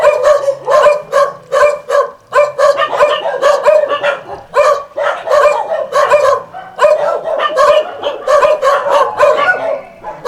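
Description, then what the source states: Dense chorus of dogs barking almost nonstop, sharp overlapping yaps with barely any silence between them. Several dogs at El Borge.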